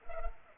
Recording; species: mosquito wingbeat signal from an infrared sensor; Culex pipiens